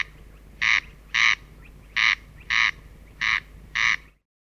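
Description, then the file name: Corn crake, three harsh rasping double notes, each pair of grating bursts separated by short gaps, with a low steady background hum. "korostel"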